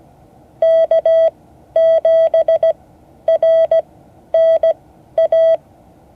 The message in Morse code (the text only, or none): K7RNA